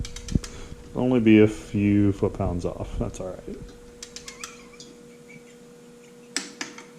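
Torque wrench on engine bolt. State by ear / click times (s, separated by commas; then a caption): torque reached / 6.4 s. A torque wrench tightens a bolt on a 2JZ engine. After someone talks, a few light ratcheting ticks are heard, then a louder single click at 6.4 seconds as the wrench reaches its setting and the bolt is called good.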